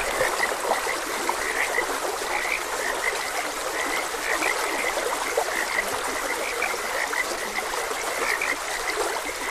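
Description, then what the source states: Several frogs croak in quick, overlapping bursts throughout, each note short and clipped, while a gentle stream babbles steadily underneath. Frogs croaking beside a gentle stream; continuous nature ambience.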